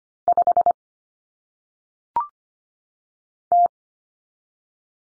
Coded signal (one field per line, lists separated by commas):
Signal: Morse code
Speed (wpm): 25 wpm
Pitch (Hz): 700 Hz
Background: none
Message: 5 T